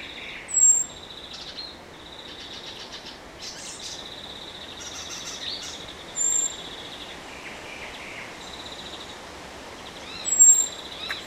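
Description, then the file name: Eurasian blackbird giving three thin, high whistles spaced several seconds apart, while other birds chirp and trill softly throughout. "Turdus merula"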